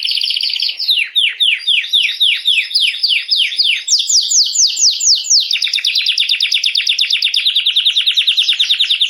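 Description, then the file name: Canary song: steady series of downslurred whistled notes, rising to higher sweeps, then a long fast rolling trill. Belgian mosaic canary. "canto do canario belga mosaico"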